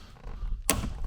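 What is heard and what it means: A plastic fusebox cover panel on a Land Rover Defender L663 is pulled out of its trim opening by its tab. After a quiet, low rumble, it releases with a single sharp, loud snap at 0.7 s that sounds a bit like something breaking. The cover comes free.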